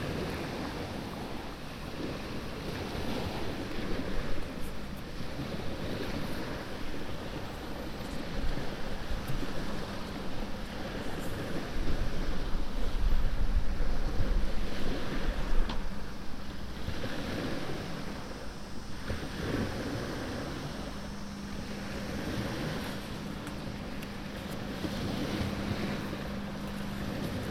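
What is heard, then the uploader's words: A binaural field recording made sitting near a lighthouse in Florida: a steady wash of wind and surf with a low rumble throughout, swelling louder around 12 to 16 seconds. A faint, even motor-like drone enters midway and holds steadily from about 20 seconds on. A binaural field recording, sitting near a light house in Florida. Fishing somewhere in the background.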